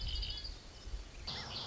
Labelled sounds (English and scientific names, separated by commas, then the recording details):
Red-winged Blackbird (Agelaius phoeniceus)
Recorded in Sonoma County, California